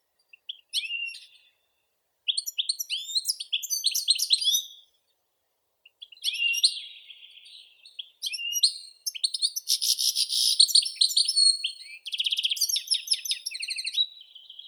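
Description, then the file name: Goldfinch singing high, liquid twittering phrases, some notes buzzy and dense near the end, broken by a couple of brief silences; nothing else audible. "Golosa ptic - CSHegol Carduelis carduelis"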